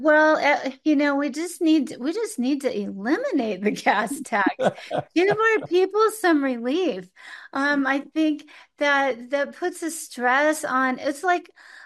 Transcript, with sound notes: you know, we just need, we just need to eliminate the gas tax.
(laughs)
Give our people some relief. Um, I think that that puts a stress on... It's like